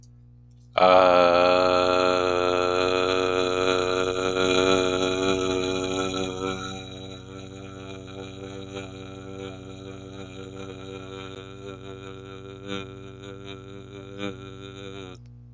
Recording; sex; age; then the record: vowel held as long as possible; male; 30 to 39 years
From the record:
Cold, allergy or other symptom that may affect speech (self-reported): no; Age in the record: 36 years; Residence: Alaska, United States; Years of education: 15